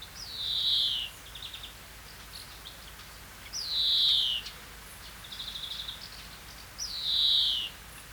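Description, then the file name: European greenfinch giving three long, nasal, downslurred wheezes roughly every three seconds, with brief soft rippling trills between them. "Chloris chloris"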